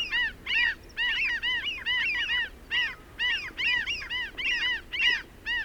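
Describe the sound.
Birds honking in a rapid run of rough arched notes, several overlapping.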